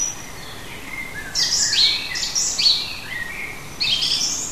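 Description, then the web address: Bird song of bright, high, rapidly slurred whistles and chirps in several short bursts, lower thin notes between them, against constant faint hiss. Native hedge bird, June. "oeko hecke vogel juni vogel heimisch"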